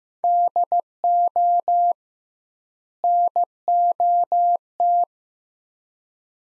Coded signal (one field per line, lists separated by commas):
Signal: Morse code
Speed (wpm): 15 wpm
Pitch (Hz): 700 Hz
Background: none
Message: DO NOT